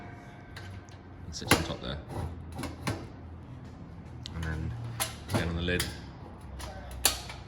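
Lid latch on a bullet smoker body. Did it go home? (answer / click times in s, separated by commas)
yes / 7.1 s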